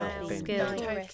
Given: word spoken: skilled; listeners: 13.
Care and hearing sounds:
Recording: one English word in noise, from a listening test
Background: four-talker babble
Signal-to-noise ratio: -1.9 dB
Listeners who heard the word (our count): 1 of 13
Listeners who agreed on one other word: 12 of 13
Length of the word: 0.74 s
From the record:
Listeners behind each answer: 12, 1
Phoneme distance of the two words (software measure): 7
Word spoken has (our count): 1 syllable, 5 phonemes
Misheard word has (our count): 1 syllable, 4 phonemes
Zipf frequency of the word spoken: 3.95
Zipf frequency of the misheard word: 4.40

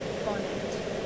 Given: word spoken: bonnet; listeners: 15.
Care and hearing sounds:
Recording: one English word in noise, from a listening test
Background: speech-shaped noise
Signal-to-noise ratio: -5.6 dB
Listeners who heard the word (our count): 2 of 15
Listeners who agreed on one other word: 6 of 15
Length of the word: 0.67 s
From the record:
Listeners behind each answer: 6, 4, 2, 1, 1, 1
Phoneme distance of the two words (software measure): 17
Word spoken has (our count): 2 syllables, 5 phonemes, stress on syllable 1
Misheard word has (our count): 1 syllable, 4 phonemes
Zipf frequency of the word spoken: 3.57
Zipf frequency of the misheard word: 4.46

